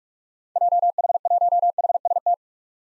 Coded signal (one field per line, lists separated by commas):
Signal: Morse code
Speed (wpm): 41 wpm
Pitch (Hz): 700 Hz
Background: none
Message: JH1HST